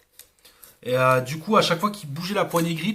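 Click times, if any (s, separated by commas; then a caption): 0.2 s, 0.6 s. The small plastic battery-compartment door, taken off the camera, is pushed all the way to the bottom of its storage slot in a Neewer BG-E8 battery grip, so it is clipped in rather than resting loose. Short clicks are heard at 0.2 s and 0.6 s as it seats. Then someone talks.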